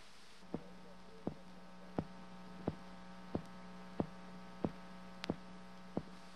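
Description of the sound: That is the sound of human life. The heartbeat of a man. Throughout his flight, that sound will pulse from his sealed spacecraft, revealing to those on the ground how well he endures the battering punishment of takeoff and reentry and the hours of weightlessness in the vacuum of space.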